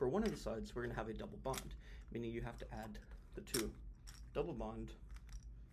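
Someone talks while handling double-bond connector pieces for a carbon atom and the adjacent atom of a snap-together plastic molecular model, with a few faint light taps near the end. Nothing has seated or clicked into place yet.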